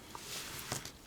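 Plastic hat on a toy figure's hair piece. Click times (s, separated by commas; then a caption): 0.7 s. An antlered plastic hat from the Playmobil Novelmore Violet Vale Plant Magician figure (set 70747, 2021) is pushed onto the figure's circular hair piece amid quiet handling noise. A small snap at 0.7 s marks the hat seating into place on the hair piece.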